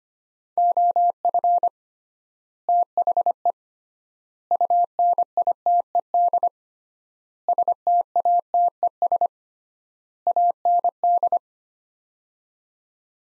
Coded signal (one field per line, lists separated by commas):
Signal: Morse code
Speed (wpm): 25 wpm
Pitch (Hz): 700 Hz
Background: none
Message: OF THE UNITED STATES AND